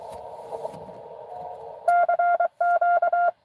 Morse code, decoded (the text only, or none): CQ